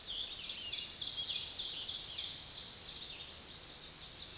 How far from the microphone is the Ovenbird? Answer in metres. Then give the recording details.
about 40 m. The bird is about 10 m above the microphone. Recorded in a Pennsylvania forest on 16 May 2024 at 06:31. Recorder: AudioMoth, point MSD-1539. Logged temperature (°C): 16.0 °C. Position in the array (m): 135 m, 5 m